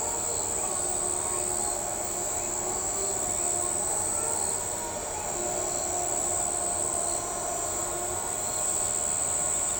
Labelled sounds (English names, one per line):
none